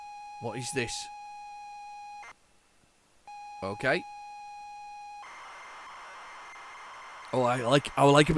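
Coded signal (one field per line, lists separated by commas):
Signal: ZX Spectrum tape loading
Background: speech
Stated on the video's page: ZX Spectrum tape of unknown contents, possibly with tape errors, rewinding and fast forwarding.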